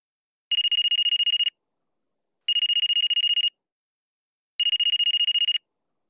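A telephone rings three times, each ring a second-long burst of high, rapidly trilling electronic tone, separated by even pauses of silence, with no voices.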